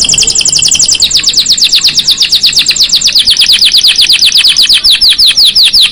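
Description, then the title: Canary song, a long rapid trill of sharp high downward-sliding notes, continuous and loud throughout. Black Red variety; song used to warm up canaries into singing (gacor). "Canto Para Esquentar Canário Belga. Suara Burung Kenari Black red Gacor Dor"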